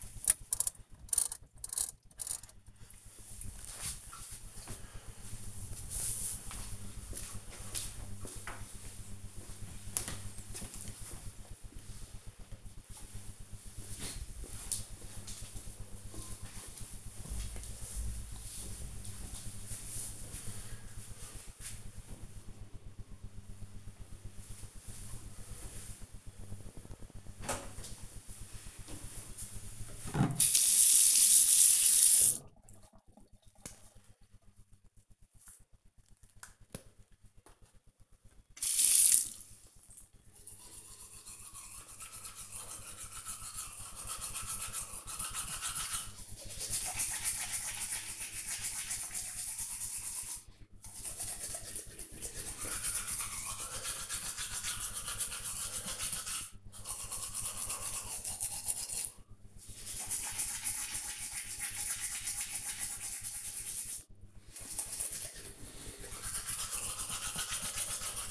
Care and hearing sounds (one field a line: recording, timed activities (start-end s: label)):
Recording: household activities, microphone on the right wrist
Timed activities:
24.51-68.31 s: brushing teeth